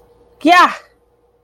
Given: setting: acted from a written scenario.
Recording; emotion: vocal sound without words; triumph